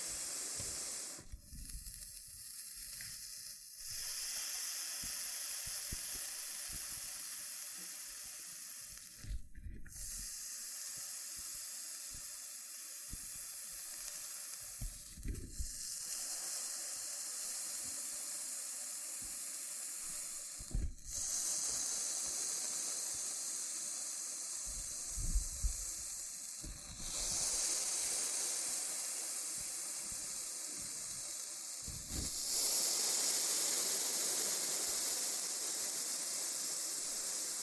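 Loofah triggers: a dense, bright, scratchy rustle runs nearly unbroken through the whole clip. Sharper snaps and low thumps break in every five or six seconds, around 1, 4, 10, 15, 21, 27 and 32 seconds, with the scratching thickening slightly toward the end.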